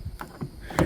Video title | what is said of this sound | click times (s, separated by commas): My first #catiesbubbles shave soap | Yeah, it locked back. | 0.8 s